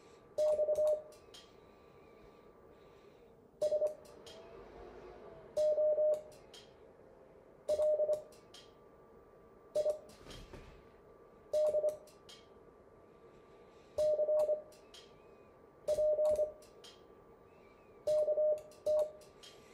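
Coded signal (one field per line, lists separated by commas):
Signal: Morse code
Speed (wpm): 25 wpm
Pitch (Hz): 610 Hz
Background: none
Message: X SOLID CPKT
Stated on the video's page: Morse code make-up class session.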